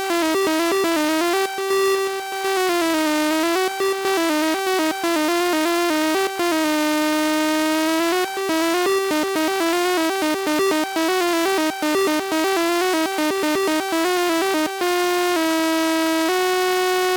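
A morphing wavetable oscillator plays a bright, buzzy tone that slides and wobbles in pitch, broken by frequent short clicks and steady held notes.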